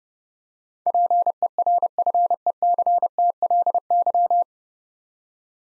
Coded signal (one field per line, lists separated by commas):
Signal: Morse code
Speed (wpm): 30 wpm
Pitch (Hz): 700 Hz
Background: none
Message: PERFECTLY